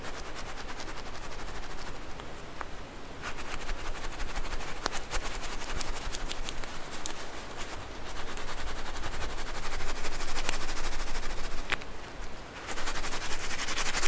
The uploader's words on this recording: ASMR SQUISHY SOUNDS, ASMR SQUISHY STRESS BALLS, ASMR STRESS BALL, ASMR NO TALKING.